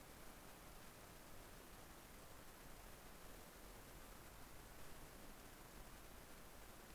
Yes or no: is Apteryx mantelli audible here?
no